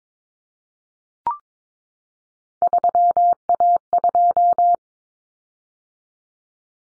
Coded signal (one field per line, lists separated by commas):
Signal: Morse code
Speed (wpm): 22 wpm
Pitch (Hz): 700 Hz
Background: none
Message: 3A2